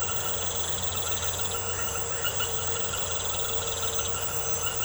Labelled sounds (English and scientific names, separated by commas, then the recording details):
none
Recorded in secondary vegetation near Puerto Asís, Putumayo, Colombia, on 4 March 2025 at 22:00
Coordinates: 0.468, -76.324
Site G059